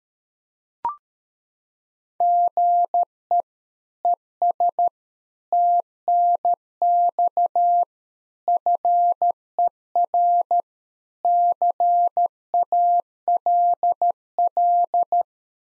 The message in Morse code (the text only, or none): GE ES TNX FER CALL